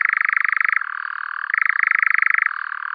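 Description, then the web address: European nightjar churring, a continuous rapid mechanical trill that shifts between a higher and a lower pitch several times, with no other sounds. "Caprimulgus europaeus"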